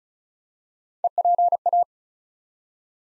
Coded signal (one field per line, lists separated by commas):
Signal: Morse code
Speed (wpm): 36 wpm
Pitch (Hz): 700 Hz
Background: none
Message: EPA